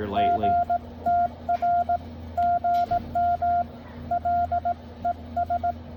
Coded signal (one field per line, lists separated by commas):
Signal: Morse code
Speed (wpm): 18 wpm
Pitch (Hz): 700 Hz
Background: speech, radio noise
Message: GTR GM L ES